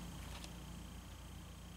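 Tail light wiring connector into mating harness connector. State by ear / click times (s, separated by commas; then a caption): not seated / none. A VLAND smoked sequential tail light wiring connector for a 2016-18 Camaro is handled against its mating harness connector as the last install step. A steady low hum runs throughout, with one brief sharp tick at about 0.4 s. Nothing has clicked or seated yet.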